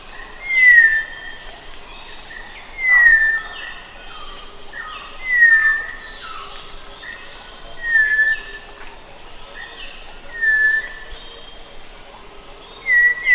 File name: cempalakuning omkicau